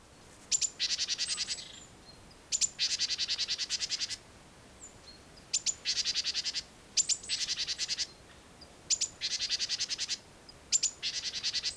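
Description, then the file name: Great tit calls: one or two sharp high notes, each followed by a rapid buzzy churring rattle, the phrase repeated several times over a steady low hiss. "Parus major"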